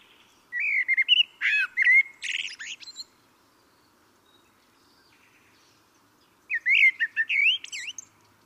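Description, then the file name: Common blackbird song: two phrases of mellow, fluted warbling notes, each ending in a thin, high, squeaky twitter, separated by a few seconds of quiet. "Turdus merula"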